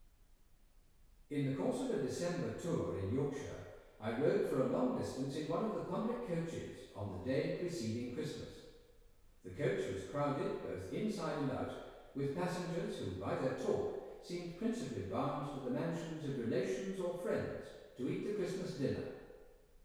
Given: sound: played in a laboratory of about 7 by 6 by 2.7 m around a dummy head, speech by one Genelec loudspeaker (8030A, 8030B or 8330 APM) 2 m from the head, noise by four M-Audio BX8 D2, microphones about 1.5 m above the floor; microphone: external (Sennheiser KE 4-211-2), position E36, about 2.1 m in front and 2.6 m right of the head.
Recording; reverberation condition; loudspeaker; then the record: male speech in English; high; 30 degrees to the right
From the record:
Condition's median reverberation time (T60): about 1300 ms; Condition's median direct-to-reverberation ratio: about -4.0 dB